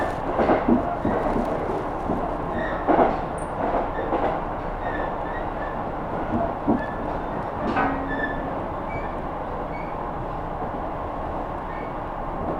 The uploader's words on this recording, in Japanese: 音の旅 久大本線 日田→田主丸。キハ200+220の2両編成。既に学校帰りの学生でだいぶ席が埋まっていますがロングシート主体なので大丈夫でした。